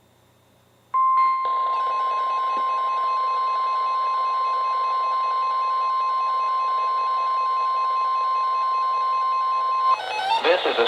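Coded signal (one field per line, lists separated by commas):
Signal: Emergency Alert System (SAME) tones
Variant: 1050 Hz attention tone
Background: speech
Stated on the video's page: Flood, flash flood and special marine warnings received from NOAA Weather Radio stations.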